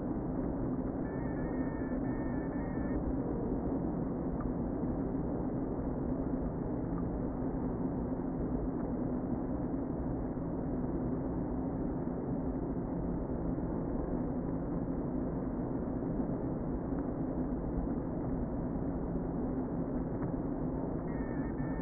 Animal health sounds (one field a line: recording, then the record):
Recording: honeybee colony, microphone inside the hive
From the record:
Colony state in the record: queen present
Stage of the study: before two queens were removed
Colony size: about 60,000 bees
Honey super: yes